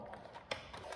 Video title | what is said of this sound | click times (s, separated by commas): How to put on First Order Storm Trooper Armour (Imperial Surplus) | and then i want to hear the satisfying snap there's one | 0.5 s